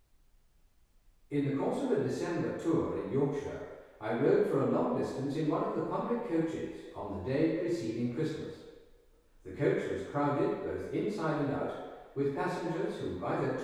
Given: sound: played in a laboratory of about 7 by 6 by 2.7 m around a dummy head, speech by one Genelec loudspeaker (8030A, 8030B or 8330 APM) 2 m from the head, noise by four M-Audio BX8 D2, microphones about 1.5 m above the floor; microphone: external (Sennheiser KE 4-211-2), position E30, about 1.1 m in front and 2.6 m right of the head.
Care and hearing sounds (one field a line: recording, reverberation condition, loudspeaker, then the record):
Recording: male speech in English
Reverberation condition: high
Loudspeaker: 150 degrees to the right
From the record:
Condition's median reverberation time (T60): about 1300 ms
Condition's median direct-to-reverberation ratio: about -4.0 dB